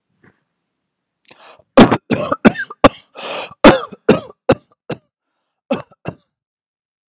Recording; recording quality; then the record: heavy voluntary cough; excellent, no background noise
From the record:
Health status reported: healthy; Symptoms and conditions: none ticked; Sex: male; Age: 50 years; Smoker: not ticked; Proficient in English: yes